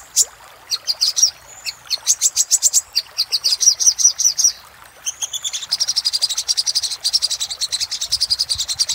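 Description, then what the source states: Little spiderhunter song: bursts of fast, high chips broken by short gaps, then a dense, almost buzzy rapid trill. Master audio for training cage birds; labaik style.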